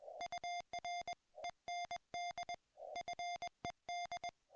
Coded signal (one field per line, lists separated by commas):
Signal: Morse code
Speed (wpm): 22 wpm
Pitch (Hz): 690 Hz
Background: music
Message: UR END FED